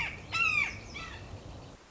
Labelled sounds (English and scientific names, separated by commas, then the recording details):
Red-shouldered Hawk (Buteo lineatus)
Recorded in Sonoma County, California